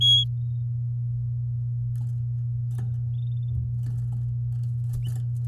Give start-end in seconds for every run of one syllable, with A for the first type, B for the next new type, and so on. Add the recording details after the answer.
0.01-0.24 A. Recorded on 8 May 2018 at 12:13. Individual llb16